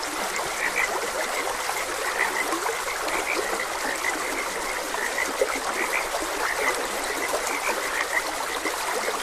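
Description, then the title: Frogs croaking in quick bursts that never pause, with trickling, flowing water running underneath the whole time. Frogs croaking beside a gentle stream. "Gentle Stream and Frogs Croaking"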